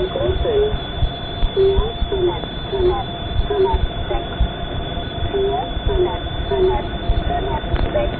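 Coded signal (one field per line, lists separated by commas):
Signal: numbers station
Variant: G16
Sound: a voice reading single digits at an even pace over a steady high whine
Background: radio static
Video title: Zahlensender/Number Station "G16" ("Victor Bravo") (BRD/FRG) (BND) (1970s - 10/1988)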